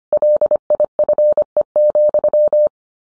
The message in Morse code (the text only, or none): LIFE,